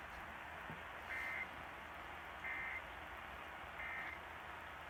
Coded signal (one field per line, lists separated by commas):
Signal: Emergency Alert System (SAME) tones